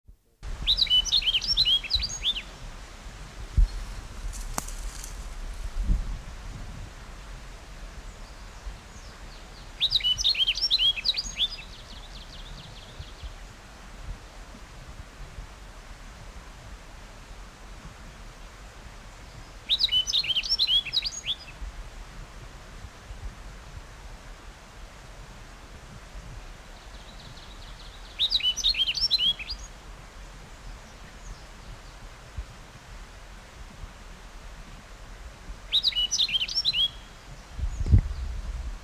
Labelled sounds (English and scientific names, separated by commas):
Rustic Bunting (Emberiza rustica) song